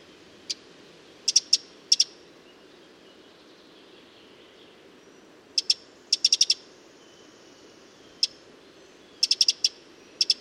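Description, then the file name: Eurasian wren calling with single hard ticks and quick stuttering clusters of ticks, separated by quiet gaps of a few seconds. "Troglodytes troglodytes"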